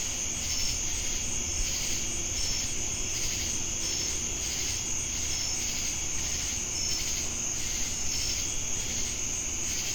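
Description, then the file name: Continuous high cricket trill with gentle pulsing and short high notes recurring regularly, over a low rumbling background. Recorded in Jamestown, North Carolina, on August 10, 2018. "Crickets And Sacadas Jamestown NC"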